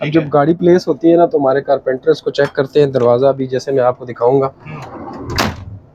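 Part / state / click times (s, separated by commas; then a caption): lock of a sliding cabin door in a train compartment / not seated / none. Someone talks while handling the lock of a sliding cabin door in a train compartment, during a carpenter's check of the door, and then a brief rattling handling noise and a sharp burst of sound rise near the end of the clip. The lock has not latched yet; nothing has seated or clicked.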